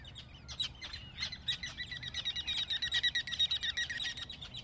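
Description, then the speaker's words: Ruddy Turnstone twittering: fast, high, chattering notes that grow louder and more rhythmic after the middle, with a few thin whistled notes mixed in. Twittering, sounding excited, after mid-May during the short summer visit. "Ja toukokuun puolivälin jälkeen lähes kaikki karikukkomme tiukuttavat taas kiihtyneen oloisena lyhyellä kesävierailullaan meidän ilonamme."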